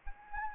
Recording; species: mosquito wingbeat signal from an infrared sensor; Anopheles gambiae